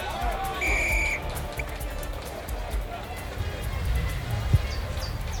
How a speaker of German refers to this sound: Dann pfiff der Schiedsrichter das Spiel an.